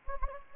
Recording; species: mosquito wingbeat signal from an infrared sensor; Anopheles gambiae